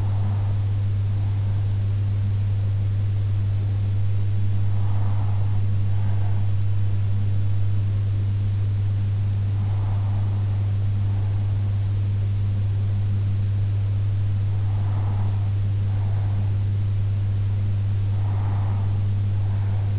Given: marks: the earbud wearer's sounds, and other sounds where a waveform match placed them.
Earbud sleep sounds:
sounds in sleep by an in-ear microphone; breath
0.00-2.00 s: breath
5.00-7.00 s: breath
10.00-12.00 s: breath
15.00-17.00 s: breath
18.00-19.99 s: breath

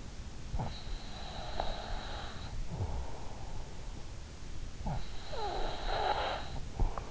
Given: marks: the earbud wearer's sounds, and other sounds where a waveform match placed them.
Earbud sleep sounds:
sounds in sleep by an in-ear microphone; breath
0.02-3.05 s: breath
4.77-7.11 s: breath

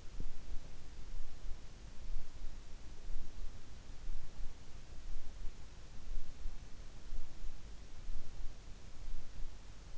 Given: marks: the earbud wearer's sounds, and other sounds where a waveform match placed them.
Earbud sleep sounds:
sounds in sleep by an in-ear microphone; teeth grinding
0.00-0.45 s: teeth grinding

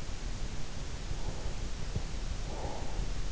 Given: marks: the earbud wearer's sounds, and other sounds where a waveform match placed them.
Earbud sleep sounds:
sounds in sleep by an in-ear microphone; breath
1.10-3.31 s: breath

